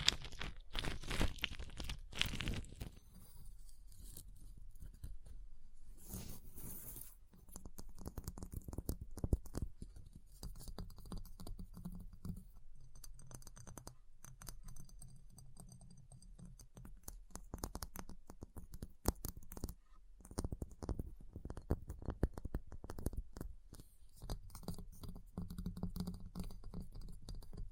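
Ice is tapped, scratched and carved in a busy stream of sharp clicks and taps that come several times a second, with brief bright scrapes, a loud rough burst near the start and another around six to seven seconds. A low hum runs underneath throughout.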